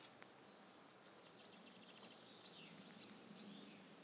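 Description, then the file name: Eurasian blue tit calls: short bursts of high, thin chirps, about two per second, over a faint background hiss. "Cyanistes caeruleus"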